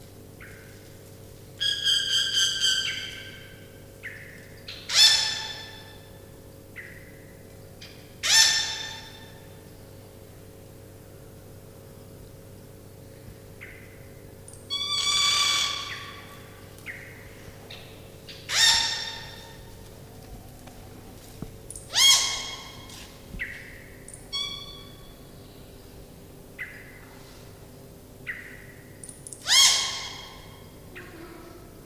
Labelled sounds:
Yellow-rumped Cacique (Cacicus cela) call
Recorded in captivity
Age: adult
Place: Zoo Berlin, Berlin, DE
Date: 2000-09-07 16:57
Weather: fair, 16°C
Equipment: Nagra SN, Kopie Uher 4000 Report Monitor
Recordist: Tembrock, Günter

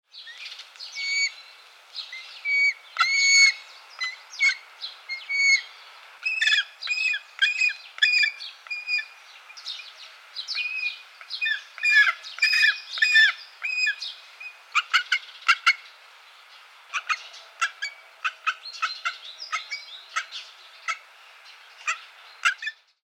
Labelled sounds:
Gyrfalcon (Falco rusticolus)
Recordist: Tembrock, Günter
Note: Rufe

